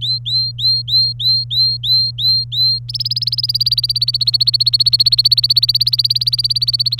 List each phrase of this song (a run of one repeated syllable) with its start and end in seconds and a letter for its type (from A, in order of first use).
0.01-2.79 A, 2.88-6.99 B